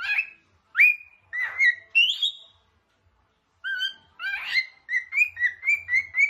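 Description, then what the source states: Cockatiel chirps and whistles: raspy rising notes with gaps between them, then a quick series of short, repeated whistled calls. Several cockatiels, whistling song.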